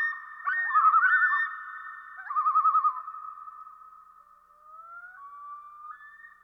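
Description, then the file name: Common loon tremolo calls, two bursts of rapid quavering notes, followed by quieter sustained wails sliding slightly upward as the sound fades. "dan gibsons solitudes common loon"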